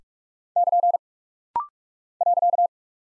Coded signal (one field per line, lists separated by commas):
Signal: Morse code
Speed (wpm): 46 wpm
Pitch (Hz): 700 Hz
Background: none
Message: <KN> .